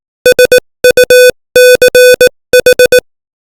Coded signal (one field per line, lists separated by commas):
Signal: Morse code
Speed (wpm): 18 wpm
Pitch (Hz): 500 Hz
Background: music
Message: SUCH